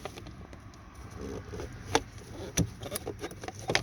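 On a 2016 Toyota Camry XSE, after a new cabin air filter is slid in flush, the plastic filter access cover is pushed back into the glovebox filter housing. Handling noise and a few sharp plastic taps are heard around 2.0, 2.6 and 3.8 seconds. The cover has not snapped in or seated yet.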